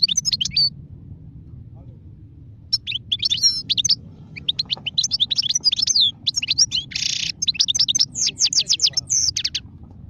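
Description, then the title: European goldfinch singing: a short burst, a pause, then a long fast stream of twittering and trilled notes including a harsh buzzy note; a faint low hum runs underneath. Wild goldfinch; singing, described as the most beautiful song. "اجمل غناءالحسون الخلويchant chardonneret sauvage"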